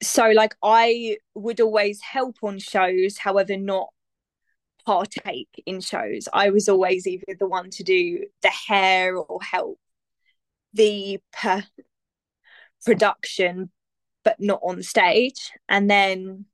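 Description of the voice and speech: A 24-year-old woman from Herne Bay with a lifelong stammer speaks with stretched sounds, a part-word repeat and silent blocks before words. She is in therapy with the McGuire Programme and has made a lot of progress. Her stammer stops completely when she sings.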